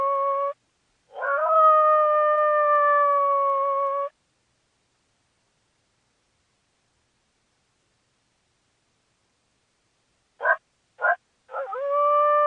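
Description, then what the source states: Coyote howls and yips: a long, steady howl, a long quiet gap, then three quick, sharp yips and the start of another drawn-out howl. Call linked to mating.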